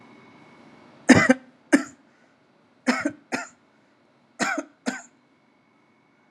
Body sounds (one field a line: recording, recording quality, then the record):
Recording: heavy voluntary cough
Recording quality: excellent, no background noise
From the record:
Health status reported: healthy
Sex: male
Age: 40 years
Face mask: not worn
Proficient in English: yes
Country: India